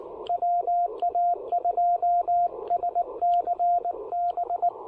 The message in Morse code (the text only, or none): WA2SCB